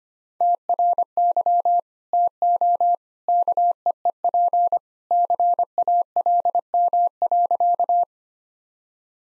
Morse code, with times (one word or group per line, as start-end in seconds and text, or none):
0.4-1.8 TRY
2.1-3.0 TO
3.3-4.8 KEEP
5.1-8.0 CALM.